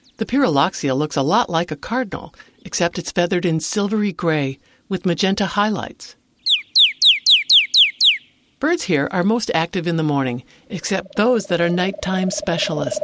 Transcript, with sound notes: The Pyrrhuloxia looks a lot like a cardinal, except it’s feathered in silvery gray, with magenta highlights. [Pyrrhuloxia song] Birds here are most active in the morning, except those that are nighttime specialists.